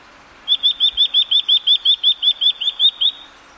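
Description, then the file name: Eurasian nuthatch giving a fast, steady series of many clear whistled notes. "Sitta europaea"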